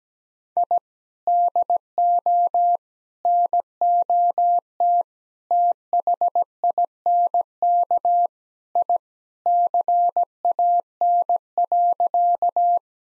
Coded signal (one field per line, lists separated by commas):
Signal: Morse code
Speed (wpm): 17 wpm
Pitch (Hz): 700 Hz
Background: none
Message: I DO NOT THINK I CAN.